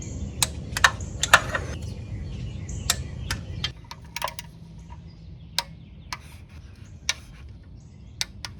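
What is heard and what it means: A click-type torque wrench is used to keep tightening engine bolts, clicking when it reaches its setting at 0.4, 2.9, 5.6 and 8.2 seconds. Other sharp ticks come near 0.9 and 1.3 seconds, over a low rumble that drops away after about 3.7 seconds.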